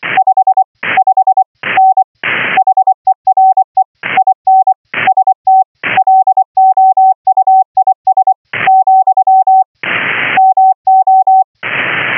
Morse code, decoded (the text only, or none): 55N HERE IN ST LOUIS, MO